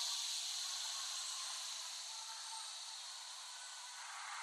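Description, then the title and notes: Cicadas drone in a steady, hissing high-pitched buzz that holds without a break, easing slightly softer midway. Several cicadas recorded by Dan Bodah in West Brighton, Staten Island, late summer 2008. "Dronecast: The Cicadas of Summer. Recording of cicadas made by Dan Bodah in West Brighton, Staten Island, late summer 2008"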